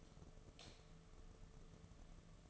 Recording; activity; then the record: daily activity, microphone in the room; light off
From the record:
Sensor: 4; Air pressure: 1015.5 hPa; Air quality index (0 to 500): 183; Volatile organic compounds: 8 ppm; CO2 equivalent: 2116 ppm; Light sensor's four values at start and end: 23/56/23/25 and 22/52/22/23